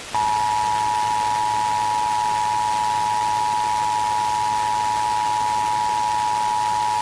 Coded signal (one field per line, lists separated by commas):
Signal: Emergency Alert System (SAME) tones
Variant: 853 and 960 Hz attention tone